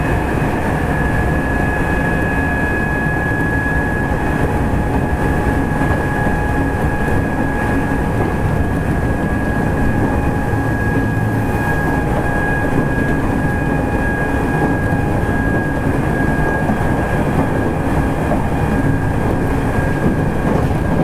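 A commuter train runs at steady speed, heard from inside with a constant low rumble and dense rattling of wheels on track. A sustained whine holds throughout, with a fainter tone above it, and the level stays even for the whole stretch.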